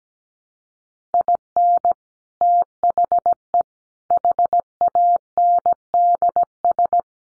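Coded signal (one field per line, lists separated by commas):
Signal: Morse code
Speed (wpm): 17 wpm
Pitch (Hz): 700 Hz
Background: none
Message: IN THE HANDS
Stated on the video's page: Morse practice of five-word sets at 17wpm, each set sent before and after being spoken.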